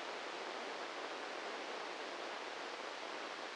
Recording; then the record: brain microelectrode recording played as sound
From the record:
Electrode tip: inside the subthalamic nucleus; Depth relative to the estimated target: -2 mm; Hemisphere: left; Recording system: NeuroSet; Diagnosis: Parkinson's disease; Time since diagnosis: 10 years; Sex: male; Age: 56 years